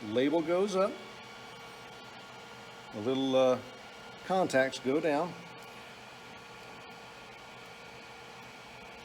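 An SD memory card is held label up with its contacts down and lined up at a 3D printer's card slot. Someone talks in three short bursts over a steady low hum. The card has not been pushed in and nothing has clicked yet.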